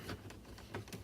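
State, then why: Seated. A round plastic AC vent eyelet in a Miata is twisted to line it up and pushed into its opening in the dashboard trim. It seats with a click at 0.8 s, among several other light taps. It clicks right in and stays in.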